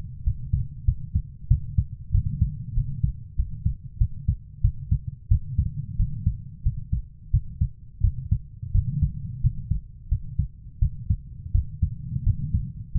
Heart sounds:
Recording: heart sounds by stethoscope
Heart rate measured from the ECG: 90 bpm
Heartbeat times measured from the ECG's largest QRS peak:
0.24 s: heartbeat
0.85 s: heartbeat
1.48 s: heartbeat
2.12 s: heartbeat
2.75 s: heartbeat
3.36 s: heartbeat
3.98 s: heartbeat
4.62 s: heartbeat
5.29 s: heartbeat
5.97 s: heartbeat
6.63 s: heartbeat
7.31 s: heartbeat
8.01 s: heartbeat
8.72 s: heartbeat
9.41 s: heartbeat
10.09 s: heartbeat
10.79 s: heartbeat
11.52 s: heartbeat
12.24 s: heartbeat
12.92 s: heartbeat
From the record:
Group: healthy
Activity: rest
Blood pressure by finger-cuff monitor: 131/79 mmHg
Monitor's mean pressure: 96 mmHg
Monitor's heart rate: 95 bpm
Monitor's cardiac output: 7.4 L/min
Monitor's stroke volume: 79 mL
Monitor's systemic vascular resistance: 940 dyn s/cm5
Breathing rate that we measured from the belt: 19 breaths a minute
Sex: female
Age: 24 years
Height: 163 cm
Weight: 55.7 kg

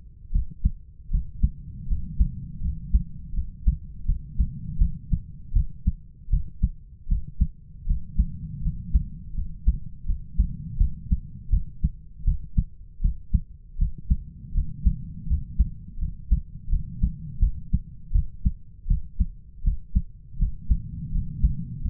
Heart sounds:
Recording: heart sounds by stethoscope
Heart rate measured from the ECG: 81 bpm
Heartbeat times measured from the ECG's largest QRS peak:
0.31 s: heartbeat
1.10 s: heartbeat
1.87 s: heartbeat
2.61 s: heartbeat
3.33 s: heartbeat
4.05 s: heartbeat
4.78 s: heartbeat
5.52 s: heartbeat
6.29 s: heartbeat
7.08 s: heartbeat
7.86 s: heartbeat
8.62 s: heartbeat
9.34 s: heartbeat
10.05 s: heartbeat
10.77 s: heartbeat
11.49 s: heartbeat
12.24 s: heartbeat
13.01 s: heartbeat
13.77 s: heartbeat
14.53 s: heartbeat
15.27 s: heartbeat
15.98 s: heartbeat
16.69 s: heartbeat
17.39 s: heartbeat
18.12 s: heartbeat
18.87 s: heartbeat
19.63 s: heartbeat
20.38 s: heartbeat
21.11 s: heartbeat
21.81 s: heartbeat
From the record:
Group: healthy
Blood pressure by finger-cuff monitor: 103/64 mmHg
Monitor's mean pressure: 78 mmHg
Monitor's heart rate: 81 bpm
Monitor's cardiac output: 7.5 L/min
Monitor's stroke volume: 94 mL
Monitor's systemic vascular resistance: 760 dyn s/cm5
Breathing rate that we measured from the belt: 10 breaths a minute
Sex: male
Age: 33 years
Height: 179 cm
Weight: 80.4 kg

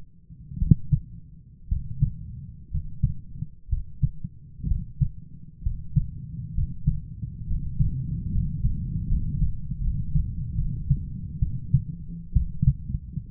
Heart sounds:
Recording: heart sounds by stethoscope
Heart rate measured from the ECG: 66 bpm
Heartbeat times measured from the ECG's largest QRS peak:
0.58 s: heartbeat
1.68 s: heartbeat
2.70 s: heartbeat
3.68 s: heartbeat
4.67 s: heartbeat
5.62 s: heartbeat
6.54 s: heartbeat
7.46 s: heartbeat
8.30 s: heartbeat
9.06 s: heartbeat
9.80 s: heartbeat
10.55 s: heartbeat
11.39 s: heartbeat
12.33 s: heartbeat
From the record:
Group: healthy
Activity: rest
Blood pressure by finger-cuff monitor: 121/74 mmHg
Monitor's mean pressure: 86 mmHg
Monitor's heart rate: 63 bpm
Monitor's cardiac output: 6.7 L/min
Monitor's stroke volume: 108 mL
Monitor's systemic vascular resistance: 950 dyn s/cm5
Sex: male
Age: 23 years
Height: 178 cm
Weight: 96.6 kg

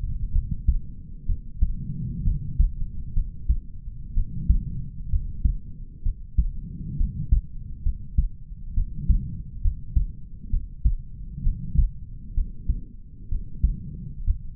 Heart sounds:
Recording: heart sounds by stethoscope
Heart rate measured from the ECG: 65 bpm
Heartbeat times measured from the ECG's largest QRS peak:
0.32 s: heartbeat
1.26 s: heartbeat
2.24 s: heartbeat
3.14 s: heartbeat
4.14 s: heartbeat
5.10 s: heartbeat
6.03 s: heartbeat
6.97 s: heartbeat
7.83 s: heartbeat
8.74 s: heartbeat
9.62 s: heartbeat
10.50 s: heartbeat
11.43 s: heartbeat
12.35 s: heartbeat
13.29 s: heartbeat
14.25 s: heartbeat
From the record:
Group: healthy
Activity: rest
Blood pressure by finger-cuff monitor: 99/76 mmHg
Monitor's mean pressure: 84 mmHg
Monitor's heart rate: 66 bpm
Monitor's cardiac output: 4.8 L/min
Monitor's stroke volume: 73 mL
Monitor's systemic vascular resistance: 1320 dyn s/cm5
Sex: male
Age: 20 years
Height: 187 cm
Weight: 68.9 kg

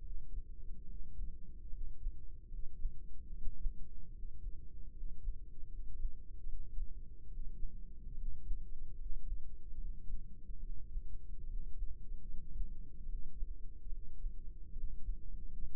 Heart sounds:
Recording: heart sounds by microphone in the right ear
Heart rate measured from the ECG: 74 bpm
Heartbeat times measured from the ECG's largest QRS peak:
0.84 s: heartbeat
1.68 s: heartbeat
2.46 s: heartbeat
3.27 s: heartbeat
4.08 s: heartbeat
4.90 s: heartbeat
5.66 s: heartbeat
6.43 s: heartbeat
7.26 s: heartbeat
8.12 s: heartbeat
8.93 s: heartbeat
9.74 s: heartbeat
10.58 s: heartbeat
11.44 s: heartbeat
12.22 s: heartbeat
13.03 s: heartbeat
13.87 s: heartbeat
14.71 s: heartbeat
15.45 s: heartbeat
From the record:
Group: healthy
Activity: rest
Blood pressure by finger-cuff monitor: 120/68 mmHg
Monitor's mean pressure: 80 mmHg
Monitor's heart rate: 73 bpm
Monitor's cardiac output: 5.3 L/min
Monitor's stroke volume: 73 mL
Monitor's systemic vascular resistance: 1110 dyn s/cm5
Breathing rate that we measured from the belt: 18 breaths a minute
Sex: male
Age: 20 years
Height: 167 cm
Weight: 61 kg

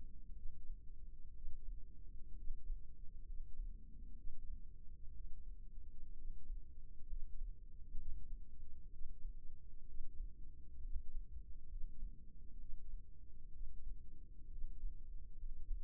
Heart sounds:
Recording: heart sounds by microphone in the left ear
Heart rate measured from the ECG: 64 bpm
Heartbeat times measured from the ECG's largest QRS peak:
0.36 s: heartbeat
1.35 s: heartbeat
2.37 s: heartbeat
3.27 s: heartbeat
4.17 s: heartbeat
5.13 s: heartbeat
6.17 s: heartbeat
7.09 s: heartbeat
7.98 s: heartbeat
8.92 s: heartbeat
9.87 s: heartbeat
10.83 s: heartbeat
11.70 s: heartbeat
12.60 s: heartbeat
13.54 s: heartbeat
14.51 s: heartbeat
15.38 s: heartbeat
From the record:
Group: healthy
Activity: rest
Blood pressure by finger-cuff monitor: 65/45 mmHg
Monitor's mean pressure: 54 mmHg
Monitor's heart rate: 65 bpm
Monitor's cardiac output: 5.4 L/min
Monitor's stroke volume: 88 mL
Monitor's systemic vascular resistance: 670 dyn s/cm5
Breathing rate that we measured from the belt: 15 breaths a minute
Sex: male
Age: 22 years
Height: 181 cm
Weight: 79 kg

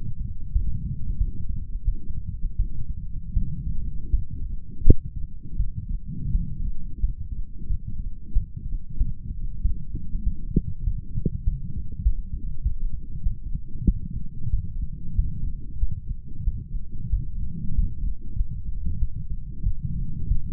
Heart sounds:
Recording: heart sounds by stethoscope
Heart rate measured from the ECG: 91 bpm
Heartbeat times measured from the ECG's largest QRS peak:
0.52 s: heartbeat
1.17 s: heartbeat
1.84 s: heartbeat
2.56 s: heartbeat
3.33 s: heartbeat
4.10 s: heartbeat
4.83 s: heartbeat
5.56 s: heartbeat
6.31 s: heartbeat
7.00 s: heartbeat
7.67 s: heartbeat
8.33 s: heartbeat
8.98 s: heartbeat
9.62 s: heartbeat
10.24 s: heartbeat
10.84 s: heartbeat
11.44 s: heartbeat
12.03 s: heartbeat
12.63 s: heartbeat
13.23 s: heartbeat
13.85 s: heartbeat
14.50 s: heartbeat
15.15 s: heartbeat
15.79 s: heartbeat
16.44 s: heartbeat
17.10 s: heartbeat
17.75 s: heartbeat
18.37 s: heartbeat
18.99 s: heartbeat
19.63 s: heartbeat
20.28 s: heartbeat
From the record:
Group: healthy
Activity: light exercise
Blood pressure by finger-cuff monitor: 113/70 mmHg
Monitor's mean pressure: 86 mmHg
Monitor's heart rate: 92 bpm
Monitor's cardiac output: 7.1 L/min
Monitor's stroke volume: 77 mL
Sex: male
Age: 35 years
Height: 178 cm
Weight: 64 kg

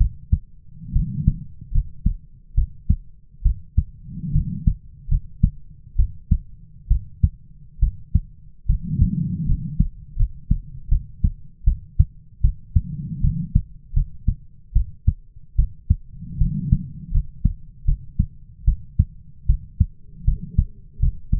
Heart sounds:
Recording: heart sounds by stethoscope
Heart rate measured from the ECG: 75 bpm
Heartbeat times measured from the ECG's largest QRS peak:
0.93 s: heartbeat
1.72 s: heartbeat
2.55 s: heartbeat
3.43 s: heartbeat
4.32 s: heartbeat
5.09 s: heartbeat
5.96 s: heartbeat
6.88 s: heartbeat
7.80 s: heartbeat
8.66 s: heartbeat
9.46 s: heartbeat
10.16 s: heartbeat
10.89 s: heartbeat
11.65 s: heartbeat
12.41 s: heartbeat
13.21 s: heartbeat
13.94 s: heartbeat
14.73 s: heartbeat
15.56 s: heartbeat
16.38 s: heartbeat
17.12 s: heartbeat
17.85 s: heartbeat
18.65 s: heartbeat
19.47 s: heartbeat
20.25 s: heartbeat
21.00 s: heartbeat
From the record:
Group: healthy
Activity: rest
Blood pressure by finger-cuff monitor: 99/63 mmHg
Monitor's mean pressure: 75 mmHg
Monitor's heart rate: 74 bpm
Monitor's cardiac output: 6.4 L/min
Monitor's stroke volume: 87 mL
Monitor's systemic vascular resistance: 860 dyn s/cm5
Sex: female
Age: 22 years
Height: 157 cm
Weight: 47.6 kg

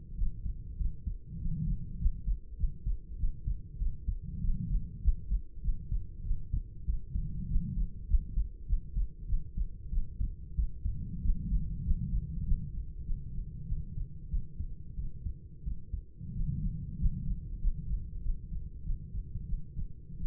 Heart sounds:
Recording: heart sounds by stethoscope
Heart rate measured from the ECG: 96 bpm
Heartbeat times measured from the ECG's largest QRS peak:
0.14 s: heartbeat
0.76 s: heartbeat
1.37 s: heartbeat
1.97 s: heartbeat
2.56 s: heartbeat
3.16 s: heartbeat
3.77 s: heartbeat
4.39 s: heartbeat
5.00 s: heartbeat
5.61 s: heartbeat
6.22 s: heartbeat
6.84 s: heartbeat
7.46 s: heartbeat
8.06 s: heartbeat
8.65 s: heartbeat
9.25 s: heartbeat
9.89 s: heartbeat
10.54 s: heartbeat
11.20 s: heartbeat
11.83 s: heartbeat
12.44 s: heartbeat
13.04 s: heartbeat
13.65 s: heartbeat
14.28 s: heartbeat
14.94 s: heartbeat
15.63 s: heartbeat
16.32 s: heartbeat
16.97 s: heartbeat
17.59 s: heartbeat
18.21 s: heartbeat
18.82 s: heartbeat
19.45 s: heartbeat
20.17 s: heartbeat
From the record:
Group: healthy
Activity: rest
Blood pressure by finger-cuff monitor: 129/68 mmHg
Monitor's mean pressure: 88 mmHg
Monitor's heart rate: 97 bpm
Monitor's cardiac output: 8.4 L/min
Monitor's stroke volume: 87 mL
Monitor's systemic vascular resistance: 740 dyn s/cm5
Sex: female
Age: 26 years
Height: 165 cm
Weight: 55 kg

